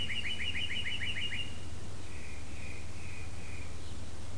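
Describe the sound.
Bird calls: a rapid series of about ten high, downslurred chirps in the first second and a half, followed by a few softer, flat notes, over a steady low hum.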